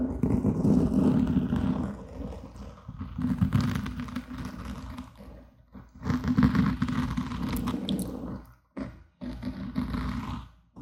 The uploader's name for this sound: Mouth Sounds, Mic Scratching, Wood Tapping